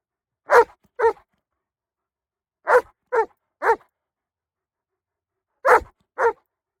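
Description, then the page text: German Shepherd dog giving short, harsh barks in small groups of two or three, with pauses of one to two seconds between the groups, against silence. Angry, threatening dog, guarding. "効果音 「GERMAN SHEPHERD SOUND EFFECTS」. SONICWIRE"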